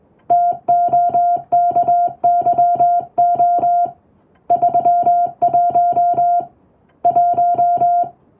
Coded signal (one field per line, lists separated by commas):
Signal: Morse code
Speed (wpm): 21 wpm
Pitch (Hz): 700 Hz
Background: music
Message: TOKYO 31 1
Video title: 心地良いモールス信号！トンとツーで奏でるハーモニー！トンとツーで言葉を交わす！英語のモールス符号を打ってみました。練習にYouTubeの再生速度を設定して聞こう morse code practice